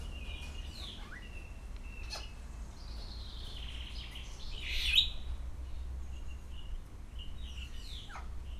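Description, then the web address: Grey parrot producing clear whistled notes and slides, several short chirps and one sharp louder call midway, over steady low hum. Captive grey parrot at Szeged Zoo, Hungary, 2011, calling continuously every day. "szegedizoo. jakopapagaj"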